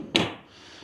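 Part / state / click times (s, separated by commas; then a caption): marine latch on a storage locker lid in a boat deck / seated / 0.2 s. A storage locker lid on a jon boat casting deck is closed, and its marine latch catches with one sharp, solid click at 0.2 s, followed by a short decaying ring and quiet background. The latch is seated.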